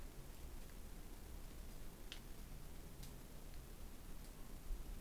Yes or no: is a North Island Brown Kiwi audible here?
no